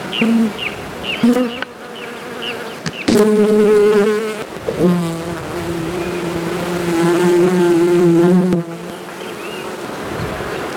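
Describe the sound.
Bee buzzing in a steady, low droning hum that swells and wavers over several seconds, with short high chirps at the start.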